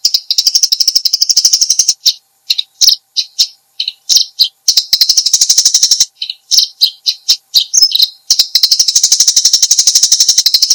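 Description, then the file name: Eurasian tree sparrow chirping: long runs of fast, high, evenly pulsed chirps, broken midway by a stretch of separate short chirps before the rapid chatter resumes. "suara burung gereja"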